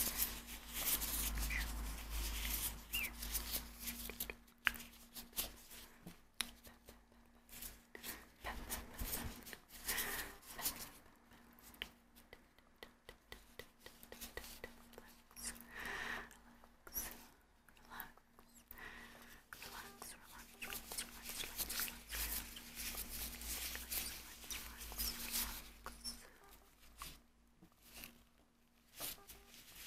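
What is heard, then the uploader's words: Vinyl gloves squeak, stretch and rustle as hands move, in a near-continuous run of crinkly, snapping bursts with short quiet gaps. A low, steady hum sits underneath throughout, and a sharper snap stands out around the five-second mark. ASMR Vinyl Gloves Sounds + Hand Movements.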